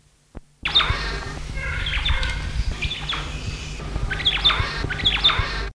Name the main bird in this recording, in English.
Bristle-crowned Starling